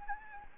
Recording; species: mosquito wingbeat signal from an infrared sensor; Anopheles gambiae